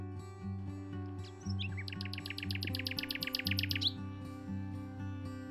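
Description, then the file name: Common nightingale song, a fast run of many crisp repeated notes that swells in loudness, with a constant low hum underneath. "ruisenor"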